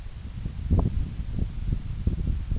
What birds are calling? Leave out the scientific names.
none